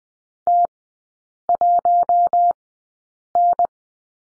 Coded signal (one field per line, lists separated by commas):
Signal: Morse code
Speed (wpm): 20 wpm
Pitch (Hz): 700 Hz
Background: none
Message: T1N